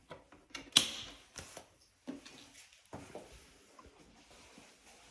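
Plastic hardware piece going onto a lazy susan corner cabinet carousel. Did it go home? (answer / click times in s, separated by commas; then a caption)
yes / 0.8 s. A plastic hardware piece with a flat side and an indentation side, indentation side facing out, is pushed into place on the left side of an IKEA UTRUSTA lazy susan corner cabinet carousel. Among several light knocks and handling taps, a sharp short snap at 0.8 s marks it clicking in, and the piece is seated.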